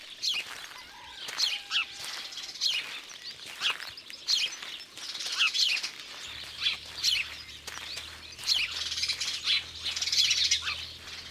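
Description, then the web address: House sparrow chirps, sharp and bright, given in loose bursts, with other faint twitters and a low hum later. "le moineau domestique. album cuicui-et-compagnie"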